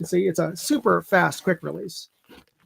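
A magnetic quick-release buckle is handled near its receiver on a plate carrier vest while someone talks. A short burst of hiss near 2.0 s and a faint soft rustle around 2.3–2.4 s are heard. Nothing has seated or clicked yet.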